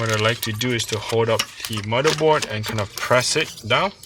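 A part, likely a memory module, is pressed down into its slot on a motherboard that is being held up, while someone talks throughout. Only speech and faint handling are heard, and nothing has seated or clicked yet.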